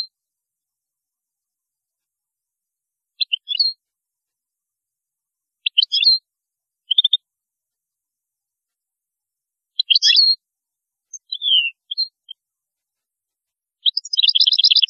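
Goldfinch twittering in short, scattered bursts of high chirps every couple of seconds, building to a denser trilled passage at the end.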